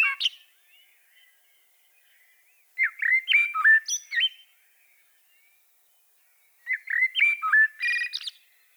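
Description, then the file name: Common blackbird song: a brief squeak, then two separate phrases of flute-like whistled notes, each finishing in a scratchy, high-pitched twitter, with pauses between. "Turdus merula"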